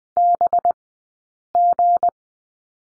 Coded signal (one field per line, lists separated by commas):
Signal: Morse code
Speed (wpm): 20 wpm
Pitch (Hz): 700 Hz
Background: none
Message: BG